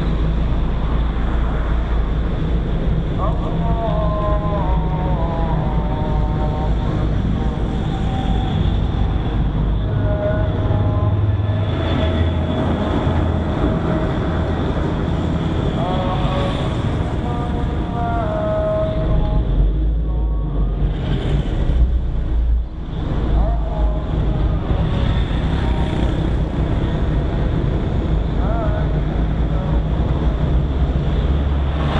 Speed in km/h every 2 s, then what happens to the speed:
3, 2, 0, 1, 1, 0, 0, 2, 1, 0, 2, 2, 2, 2, 2, 2.
1-32 standing.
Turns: none.